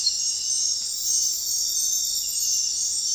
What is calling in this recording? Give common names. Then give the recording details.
none. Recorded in dense forest near Puerto Asís, Putumayo, Colombia, on 21 February 2024 at 00:30. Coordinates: 0.500, -76.322. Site G6465